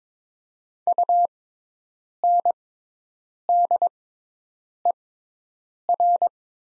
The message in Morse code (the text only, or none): UNDER